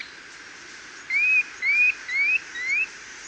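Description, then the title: Planalto tyrannulet call: four thin whistled notes, each rising and slightly drawn out, given about every half second in an even series over quiet background hiss. Subspecies brevirostris. "LuckyPassaro Completos2Sama. Planalto Tyrannulet (Phyllomyias fasciatus brevirostris)"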